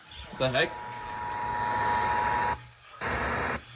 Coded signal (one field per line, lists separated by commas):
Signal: Emergency Alert System (SAME) tones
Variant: 853 and 960 Hz attention tone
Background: speech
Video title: Land of the Floods - EAS Alerts from 8/12/24 - 8/19/24 (EAS #1261 - 1279)